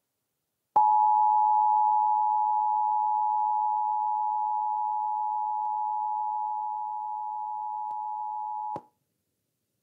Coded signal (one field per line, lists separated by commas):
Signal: Emergency Alert System (SAME) tones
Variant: 853 and 960 Hz attention tone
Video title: Pennsylvania EAS Required Monthly Tests (2/21/19) (EAS #11-14)